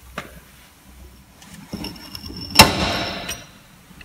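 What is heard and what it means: A puller draws an all-wheel-drive electromagnetic coupling off its shaft, and it lets go with a sharp, loud click at 2.6 s followed by a brief rattling decay. Quieter taps and scrapes come before the click, and the coupling is released from the shaft.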